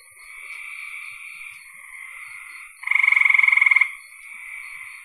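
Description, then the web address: Frog call, a loud pulsed trill lasting about one second, rising out of a dense chorus of other frogs trilling steadily in the background. "cn frogs"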